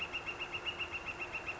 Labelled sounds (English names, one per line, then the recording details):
Northern Flicker
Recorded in Sonoma County, California